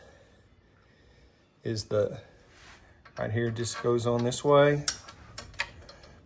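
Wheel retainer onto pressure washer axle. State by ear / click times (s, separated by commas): seated / 5.4 s, 5.6 s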